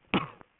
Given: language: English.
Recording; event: throat vibration sensor signal played as sound; cough